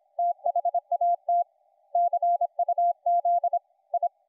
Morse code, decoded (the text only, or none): THAT CUZ I